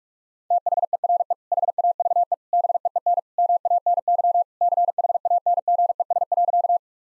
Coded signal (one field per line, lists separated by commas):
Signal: Morse code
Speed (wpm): 42 wpm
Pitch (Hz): 700 Hz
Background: none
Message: THERE HAVE BEEN MANY CHANGES.